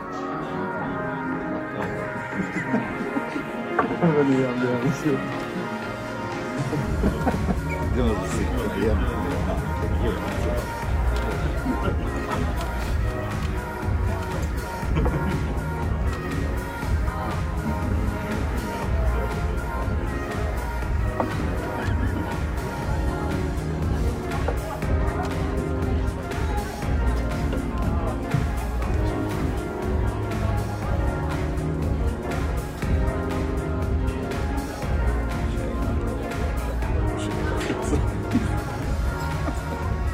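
Murmuring bar sounds: many overlapping voices chatter at once in a steady, dense babble for the whole forty seconds. A deep low rumble joins in after about six seconds and stays, with occasional brief sharp clinks and louder voices cutting through.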